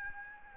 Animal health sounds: mosquito wingbeat signal from an infrared sensor; Aedes albopictus

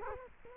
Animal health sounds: mosquito wingbeat signal from an infrared sensor; Culex quinquefasciatus

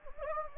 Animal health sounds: mosquito wingbeat signal from an infrared sensor; Anopheles gambiae

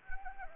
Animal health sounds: mosquito wingbeat signal from an infrared sensor; Anopheles arabiensis

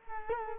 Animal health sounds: mosquito wingbeat signal from an infrared sensor; Culex quinquefasciatus

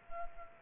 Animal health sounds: mosquito wingbeat signal from an infrared sensor; Culex quinquefasciatus

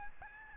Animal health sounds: mosquito wingbeat signal from an infrared sensor; Aedes albopictus

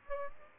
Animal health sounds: mosquito wingbeat signal from an infrared sensor; Aedes aegypti

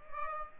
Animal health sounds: mosquito wingbeat signal from an infrared sensor; Aedes aegypti

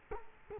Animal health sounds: mosquito wingbeat signal from an infrared sensor; Culex quinquefasciatus

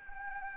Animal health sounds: mosquito wingbeat signal from an infrared sensor; Anopheles arabiensis

